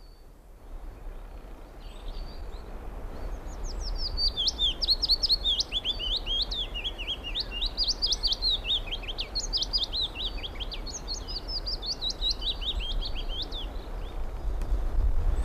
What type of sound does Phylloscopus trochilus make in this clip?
song